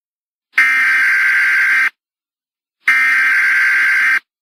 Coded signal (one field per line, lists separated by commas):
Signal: Emergency Alert System (SAME) tones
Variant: header bursts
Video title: EAS Scenario: The Fall of A Dictatorship | Part 3